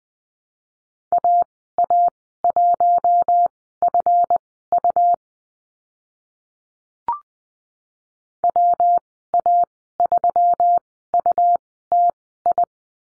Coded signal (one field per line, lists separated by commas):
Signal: Morse code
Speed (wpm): 20 wpm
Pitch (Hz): 700 Hz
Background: none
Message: AA1FU WA3UTI